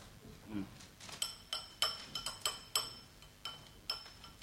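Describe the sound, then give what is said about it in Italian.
Dishes clink together again and again, around nine sharp, bright knocks in an uneven rhythm, each with a short metallic ring, like crockery being handled and stacked during washing. “rifaletti e lava i piatti.”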